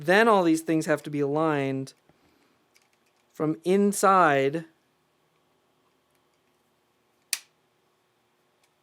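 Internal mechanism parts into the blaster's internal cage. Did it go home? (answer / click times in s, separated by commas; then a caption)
yes / 7.3 s. Someone talks while reassembling a plastic Nerf Elite 2.0 foam blaster, lining up its internal mechanism parts inside the blaster's plastic internal cage, with a few faint ticks in the pauses. After a quiet stretch, one sharp, bright snap comes at 7.3 s as the parts seat into the cage.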